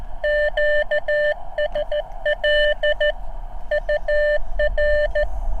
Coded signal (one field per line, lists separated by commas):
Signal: Morse code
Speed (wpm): 14 wpm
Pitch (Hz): 600 Hz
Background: none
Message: QSL UR